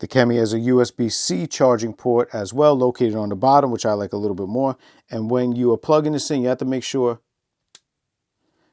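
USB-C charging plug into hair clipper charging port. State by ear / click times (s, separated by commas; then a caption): seated / 7.8 s. Someone talks, then a USB-C charging cable is pushed into the charging port on the bottom of a Kemei KM-90-4 hair clipper. A single short, sharp click at 7.8 s marks the plug seating; the click matters because the clipper has acted up on different USB-C cords.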